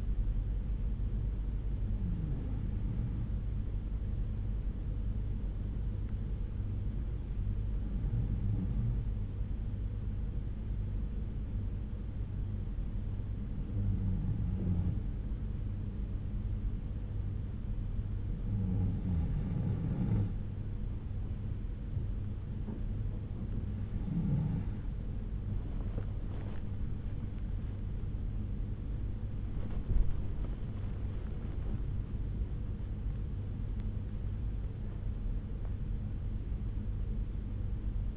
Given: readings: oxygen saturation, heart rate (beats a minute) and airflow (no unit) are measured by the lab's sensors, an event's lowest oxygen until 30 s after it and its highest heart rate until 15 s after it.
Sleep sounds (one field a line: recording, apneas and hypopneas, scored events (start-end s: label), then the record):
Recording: breathing in sleep by a smartphone at the bedside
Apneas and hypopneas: 1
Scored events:
6.00-28.50 s: hypopnea (N2, oxygen 94% highest, then 92% lowest, heart rate 62 at the start, 65 highest)
29.00-38.17 s: new sleep stage, N1 (lightest sleep)
From the record:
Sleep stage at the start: N2 (light sleep)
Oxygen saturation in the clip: 92 to 94%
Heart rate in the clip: 62 to 65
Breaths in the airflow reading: 8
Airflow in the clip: -5.4 to 6.2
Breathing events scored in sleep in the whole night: 368 in 8.0 hours asleep